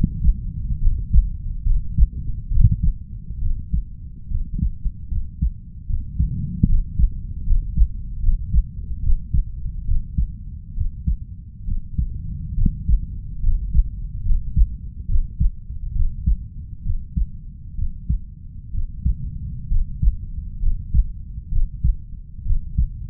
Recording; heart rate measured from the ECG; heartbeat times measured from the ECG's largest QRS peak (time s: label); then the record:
heart sounds by stethoscope; 69 bpm
0.79 s: heartbeat
1.63 s: heartbeat
2.48 s: heartbeat
3.39 s: heartbeat
4.28 s: heartbeat
5.08 s: heartbeat
5.86 s: heartbeat
6.66 s: heartbeat
7.44 s: heartbeat
8.20 s: heartbeat
9.00 s: heartbeat
9.84 s: heartbeat
10.74 s: heartbeat
11.65 s: heartbeat
12.55 s: heartbeat
13.40 s: heartbeat
14.22 s: heartbeat
15.06 s: heartbeat
15.92 s: heartbeat
16.83 s: heartbeat
17.75 s: heartbeat
18.71 s: heartbeat
19.68 s: heartbeat
20.59 s: heartbeat
21.49 s: heartbeat
22.43 s: heartbeat
From the record:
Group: healthy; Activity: rest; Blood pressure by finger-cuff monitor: 121/62 mmHg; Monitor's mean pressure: 78 mmHg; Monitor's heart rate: 70 bpm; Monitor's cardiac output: 6 L/min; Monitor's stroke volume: 87 mL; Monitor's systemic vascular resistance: 940 dyn s/cm5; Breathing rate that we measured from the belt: 9 breaths a minute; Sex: female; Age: 32 years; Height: 168 cm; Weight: 61.9 kg